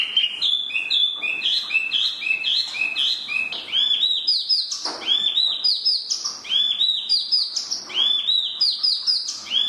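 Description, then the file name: Chinese hwamei singing a rich, varied song of loud, rising and slurred whistles, phrases repeated in quick series with sharp accents throughout. "hwamei mini"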